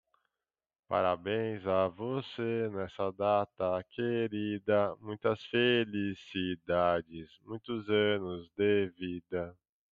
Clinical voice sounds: short text; Brazilian Portuguese; male; 40 to 49 years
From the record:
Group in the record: control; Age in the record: 43 years

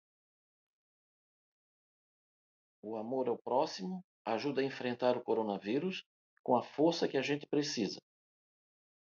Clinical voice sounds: spoken sentence; Brazilian Portuguese; male; 60 to 69 years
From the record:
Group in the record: control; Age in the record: 60 years

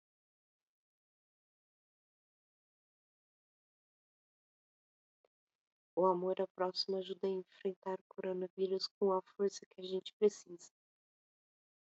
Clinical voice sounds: spoken sentence; Brazilian Portuguese; female; 40 to 49 years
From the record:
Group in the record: control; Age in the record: 46 years

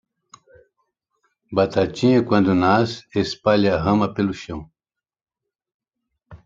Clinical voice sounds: short text; Brazilian Portuguese; female; 20 to 29 years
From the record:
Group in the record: control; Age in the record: 27 years

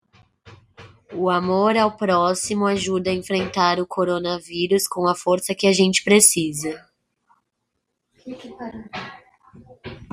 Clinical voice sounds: spoken sentence; Brazilian Portuguese; female; 20 to 29 years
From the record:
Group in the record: control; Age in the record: 25 years

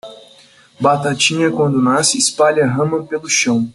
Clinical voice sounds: short text; Brazilian Portuguese; male; 20 to 29 years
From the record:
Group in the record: control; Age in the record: 23 years

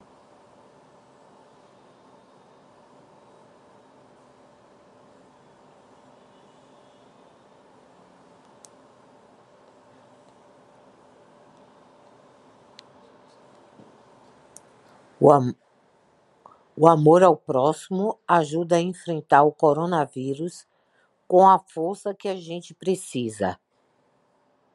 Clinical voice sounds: spoken sentence; Brazilian Portuguese; female; 50 to 59 years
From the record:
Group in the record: control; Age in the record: 58 years

